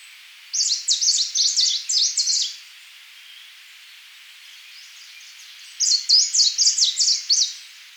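Nitidus song: two bursts of rapid, high, sharp notes, each lasting about two seconds, separated by a quiet gap over faint steady background hiss.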